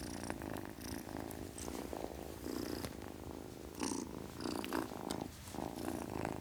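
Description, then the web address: Domestic cat purr, continuous vibrating rumble rising and falling with each breath, light hissy breath noises on top. Ten-week-old domestic kitten, purring. "BBC Sound Effects Library Cats Ten Week Old Kitten, Purring"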